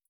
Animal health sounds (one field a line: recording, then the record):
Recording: hydrophone in a shrimp aquaculture tank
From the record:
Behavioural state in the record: feeding